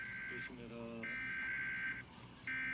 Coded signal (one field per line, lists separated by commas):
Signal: Emergency Alert System (SAME) tones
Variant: header bursts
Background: speech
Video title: SGX LOX Required Weekly Test and a Random Weekly Test EAS #383-417 8/2/21